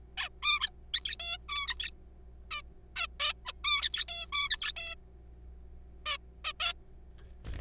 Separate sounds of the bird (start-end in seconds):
0.17-0.28, 0.43-0.69, 0.94-1.16, 1.20-1.37, 1.49-1.90, 2.51-2.62, 2.96-3.06, 3.20-3.33, 3.46-3.52, 3.64-4.04, 4.08-4.26, 4.33-4.49, 4.50-4.72, 4.76-4.95, 6.06-6.17, 6.45-6.52, 6.60-6.73